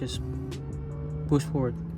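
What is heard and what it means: A wiring harness connector is pushed forward onto a plastic AUTOONE 3K yellow H11 LED fog light bulb on a 2017 Lexus CT200H F-Sport while someone talks over a steady low hum. Nothing has seated or clicked yet.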